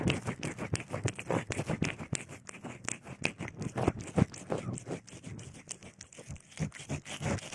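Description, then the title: Cat crunching food, with many rapid bites. Cat eating, sleeping and playing. "猫咪进食、睡觉、玩耍的声音"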